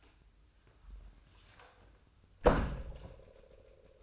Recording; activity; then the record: daily activity, microphone in the room; close door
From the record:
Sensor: 2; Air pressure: 1004.8 hPa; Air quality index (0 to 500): 71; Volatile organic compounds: 1 ppm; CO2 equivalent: 845 ppm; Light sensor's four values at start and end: 7/17/7/7 and 7/17/7/7